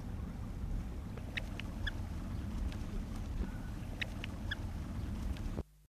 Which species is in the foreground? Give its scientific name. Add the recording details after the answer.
Actitis hypoleucos. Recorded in captivity. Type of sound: call. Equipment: Halbspur, 9,5 cm/s. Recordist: Lütgens, Hans. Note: Rufe